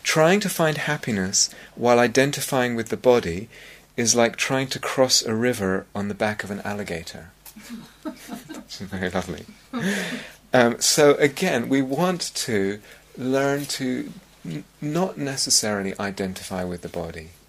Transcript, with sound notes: "Trying to find happiness while identifying with the body is like trying to cross a river on the back of an alligator." [laughs] Again, we want to learn to not necessarily identify with the body.